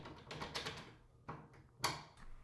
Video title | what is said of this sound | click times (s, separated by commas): How to install a keypad lock on a door - Schlage keypad install | And there you heard it just snap in, and there we have it. | 1.8 s